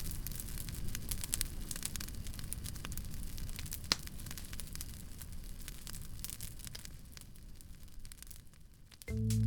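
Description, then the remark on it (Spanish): A bonfire crackles steadily, with sharp pops and snaps scattered over a soft, continuous roar of flames, and no voices; a different sound cuts in abruptly at the very end. “Para ello, encenderán una hoguera el jueves 7 de febrero. ¿La escuchas?”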